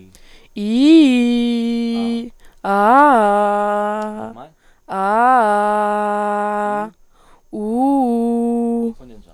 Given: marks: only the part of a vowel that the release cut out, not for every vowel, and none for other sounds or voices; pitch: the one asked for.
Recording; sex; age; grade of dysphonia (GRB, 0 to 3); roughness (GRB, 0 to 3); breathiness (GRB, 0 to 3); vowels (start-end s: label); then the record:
sustained vowels; female; 20 to 29 years; 1; 1; 0
0.61-1.86 s: vowel /i/, low-high-low pitch
4.99-6.48 s: vowel /a/, low-high-low pitch
7.59-8.79 s: vowel /u/, low-high-low pitch
From the record:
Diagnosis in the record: healthy voice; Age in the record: 20 years